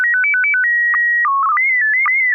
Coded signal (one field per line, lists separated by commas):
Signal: SSTV (slow-scan television)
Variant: PD 120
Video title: N6NA SSTV Net - 11/22/2023